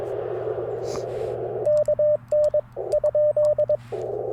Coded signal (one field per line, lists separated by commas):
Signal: Morse code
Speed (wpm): 22 wpm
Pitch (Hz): 590 Hz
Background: radio noise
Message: KN ?